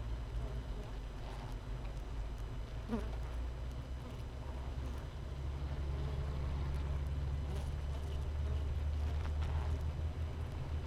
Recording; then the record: honeybee colony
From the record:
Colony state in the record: missing queen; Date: 31 May 2018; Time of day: 5:55